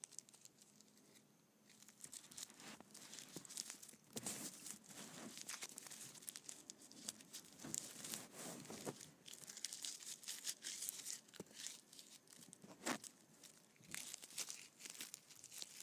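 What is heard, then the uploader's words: Candy wrappers crinkle and crackle almost continuously, a dense run of sharp, bright rustles. A quieter stretch opens the first two seconds, then the handling grows busier, with louder snaps around 4, 8, 13 and 14 seconds. ASMR Candy Wrappers.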